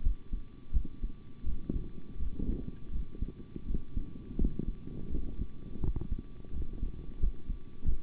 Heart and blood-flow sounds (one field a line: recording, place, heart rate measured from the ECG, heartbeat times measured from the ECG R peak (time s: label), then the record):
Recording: heart sounds by stethoscope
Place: between the tricuspid and mitral areas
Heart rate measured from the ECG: 84 bpm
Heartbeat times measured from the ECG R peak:
0.01 s: heartbeat
0.71 s: heartbeat
1.44 s: heartbeat
2.17 s: heartbeat
2.90 s: heartbeat
3.65 s: heartbeat
4.37 s: heartbeat
5.10 s: heartbeat
5.80 s: heartbeat
6.51 s: heartbeat
7.18 s: heartbeat
7.84 s: heartbeat
From the record:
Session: rest, sitting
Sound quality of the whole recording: good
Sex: male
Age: 25 years